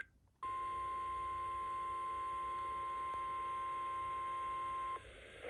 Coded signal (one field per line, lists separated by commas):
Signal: Emergency Alert System (SAME) tones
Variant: 1050 Hz attention tone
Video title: EAS Capture #63-64 - STO’s first tests of 2023!